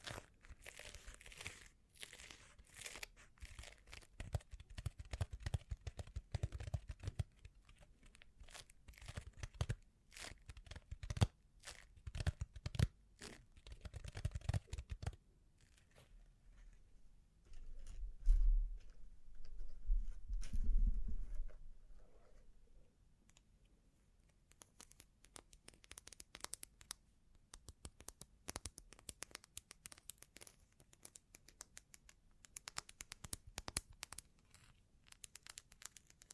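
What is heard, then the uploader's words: Bling bling triggers: dense, irregular clicks, crinkles and tearing-like rustles fill the first fifteen seconds. Around 17 to 22 seconds a lower, heavier rubbing and crunching takes over, then sparser bright ticks and crinkles return and continue to the end. Bling Bling Triggers.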